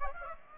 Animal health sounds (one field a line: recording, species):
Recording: mosquito wingbeat signal from an infrared sensor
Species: Aedes aegypti